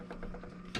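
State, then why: Seated. The metal lid of a Presto pressure canner, holding six jars of carrots, is lined up by its arrows with the canner body and twisted with two hands and some force. Soft scraping bumps at about 0.1, 0.2 and 0.3 seconds are heard over a low steady hum. A sharp, louder click at 0.8 seconds marks the lid locking into place on the body.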